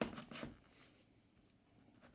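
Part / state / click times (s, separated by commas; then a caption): e-bike battery into frame battery mount / not seated / none. An e-bike battery for a Mihogo RX2 4 is picked up and lined up with the frame battery mount before it is pushed in and locked. Brief handling rustles and bumps come in the first half second, followed by near quiet with faint low background noise. The battery has not yet seated or clicked into the mount.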